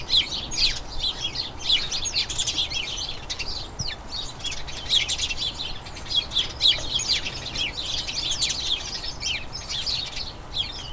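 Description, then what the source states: House sparrow: lively chirping of many house sparrows, an incessant stream of clipped, overlapping notes that swells and eases throughout. Colony of about a dozen house sparrows chattering incessantly in a small front garden as crocuses bloom, excitement signalling the colony turning to the breeding season.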